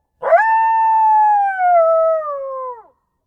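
Coyote howling once, the note swooping up quickly, sustained and smooth for over two seconds, then easing down in pitch and fading out.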